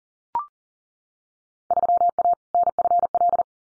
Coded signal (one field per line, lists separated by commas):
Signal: Morse code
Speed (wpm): 40 wpm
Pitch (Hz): 700 Hz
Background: none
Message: 3A NFL